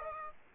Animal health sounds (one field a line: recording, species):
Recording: mosquito wingbeat signal from an infrared sensor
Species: Aedes aegypti